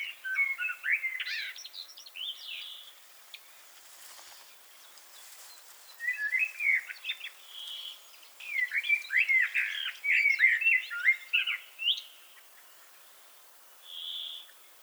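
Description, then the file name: Common blackbird singing mellow whistled phrases with scratchy high twitters mixed in, pausing between them, plus a lone high note near the close. "Turdus merula"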